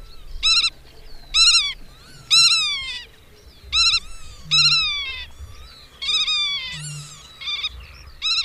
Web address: agykontroll Madardalok Cd 3. Nagy goda